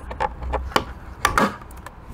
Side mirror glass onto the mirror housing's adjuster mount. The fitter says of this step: hear a snap. Just like that.